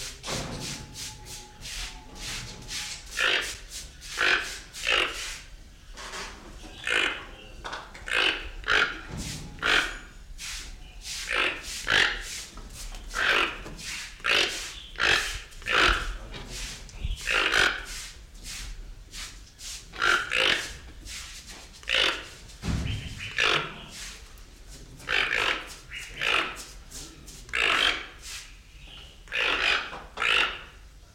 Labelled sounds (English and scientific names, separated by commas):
Toco Toucan (Ramphastos toco)